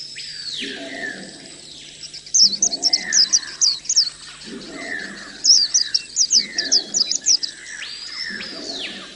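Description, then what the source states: White-eye song: rapid, high-pitched twittering phrases in two bursts, over repeated lower descending whistles and a soft, low chattering background. Audio therapy for caged white-eyes.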